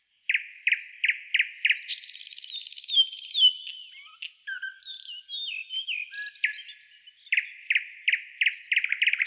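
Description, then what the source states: Nightingale song with evenly spaced loud chirps, a buzzy middle passage with whistles, then another run of repeated chirps. Trill.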